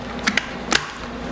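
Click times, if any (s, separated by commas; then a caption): 0.3 s, 0.4 s. The polycarbonate flip-up chin bar of an HJC SY-MAX III modular helmet is swung down onto its fiberglass shell and latches securely closed. Sharp, short clicks are heard at 0.3 s and 0.4 s, followed by another sharp click near 0.8 s.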